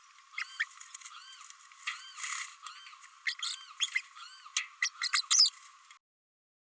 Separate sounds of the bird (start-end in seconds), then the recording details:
0.38-0.44, 0.59-0.66, 3.26-3.34, 3.42-3.56, 3.80-3.86, 4.82-4.89, 5.30-5.49. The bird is a female. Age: 29 days. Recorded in a nest box in Venezuela. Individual 17B32A5